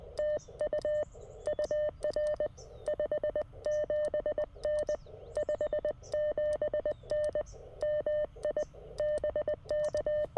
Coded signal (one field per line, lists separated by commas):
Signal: Morse code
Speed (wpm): 20 wpm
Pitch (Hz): 600 Hz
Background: none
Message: TU UR 57N 57N MI BK